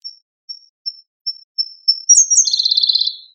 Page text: コルリのさえずり - 着信音-sound-HIRingtone